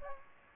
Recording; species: mosquito wingbeat signal from an infrared sensor; Aedes aegypti